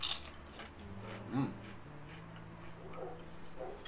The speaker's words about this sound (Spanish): Si me están escuchando es porque estoy tragando papas.